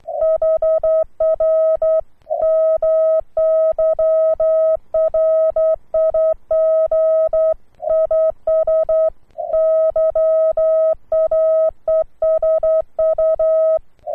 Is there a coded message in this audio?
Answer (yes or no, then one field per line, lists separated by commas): yes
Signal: Morse code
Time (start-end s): 0.2-13.8 s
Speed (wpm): 11 wpm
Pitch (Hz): 640 Hz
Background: none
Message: HR MY RIG IS YAESU